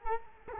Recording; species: mosquito wingbeat signal from an infrared sensor; Culex quinquefasciatus